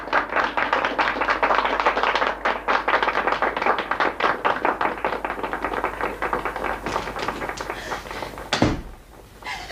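A crowd applauds a ballet dancer with dense, steady clapping that thins slightly toward the end, broken off by a single dull thump, then quiet. No one speaks.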